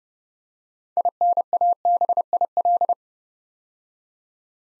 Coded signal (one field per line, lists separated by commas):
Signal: Morse code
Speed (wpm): 30 wpm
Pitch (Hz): 700 Hz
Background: none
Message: INABIL